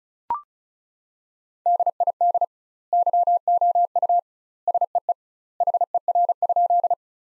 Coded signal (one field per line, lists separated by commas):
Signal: Morse code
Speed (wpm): 34 wpm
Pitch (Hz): 700 Hz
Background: none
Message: DID YOU SEE HER?